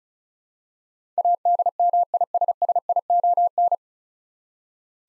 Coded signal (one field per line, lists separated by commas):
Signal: Morse code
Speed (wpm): 34 wpm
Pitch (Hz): 700 Hz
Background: none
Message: ADMISSION